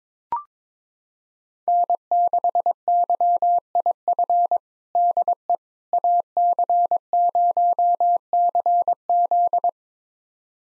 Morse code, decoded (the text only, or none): N6YIF DE AC0CZ